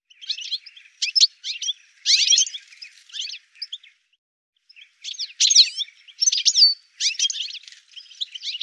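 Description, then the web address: Bird twittering in quick high chirps and squeaky notes, grouped into short phrases with a brief silence midway before the chattering resumes. "cianscape birddata"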